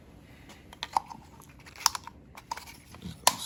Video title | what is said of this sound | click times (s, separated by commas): 2013 Jeep Wrangler oil change | snap into place man it's in there good and | 3.3 s